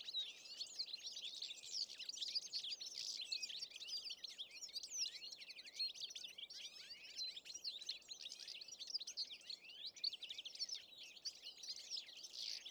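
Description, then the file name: European goldfinch chatter, a long continuous stream of overlapping high twittering and tinkling notes, with light background hiss. "Carduelis carduelis"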